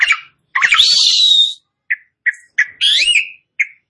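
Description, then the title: Asian pied starling song: a harsh, buzzy drawn-out note, then short chirps and a rising whistled phrase, with brief silences between bursts. Starts singing in less than a minute. "Belum Satu Menit Jalak Suren Langsung Bunyi"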